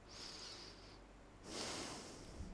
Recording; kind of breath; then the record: one breath in and out by a microphone near the nose and mouth; deep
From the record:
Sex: male